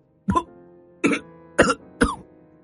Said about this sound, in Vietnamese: Không nói được hoàn thiện một câu, người kia ôm ngực ho rũ rượi, tưởng như sắp thổ huyết đến nơi. Ho từ lúc bước vào cho tới lúc ngồi xuống bàn.